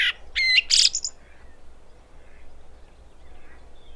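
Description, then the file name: Common blackbird song phrase: a short fluty warble near the start ending in high squeaky twitters, then quiet background with faint notes. "Turdus merula"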